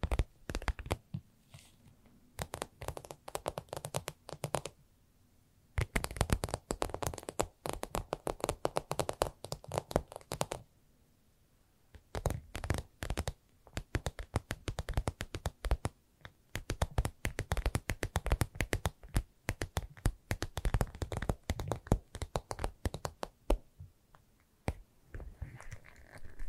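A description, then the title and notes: ASMR tapping: quick, crisp taps come in dense, rapid flurries, each striking sharply. The bursts stop for brief gaps around 5, 11 and 16 seconds, then resume at a similar busy pace, with a faint low hum beneath the early taps. ASMR Irresistible Tapping. No Talking.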